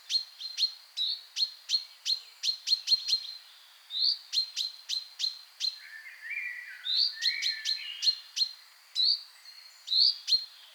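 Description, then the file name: Common chaffinch calls: rapid series of sharp, clicking notes with a few rising chirps, joined midway by lower, softer twittering. "Fringilla coelebs"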